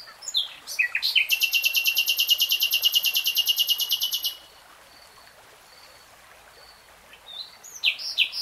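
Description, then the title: Nightingale song: brief sharp notes lead into a long, fast trill of about three seconds, then silence before new sharp phrases start. Real-time recording, three hours long. "[Tiếng chim hót] REALTIME Nightingale Singing"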